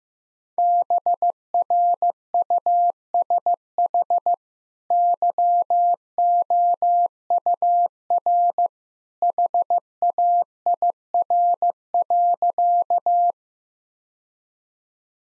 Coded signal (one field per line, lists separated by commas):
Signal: Morse code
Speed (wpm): 15 wpm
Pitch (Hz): 700 Hz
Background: none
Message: BRUSH YOUR HAIR.